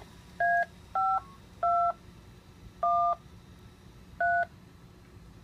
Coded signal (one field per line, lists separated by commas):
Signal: DTMF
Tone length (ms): 260 ms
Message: A5213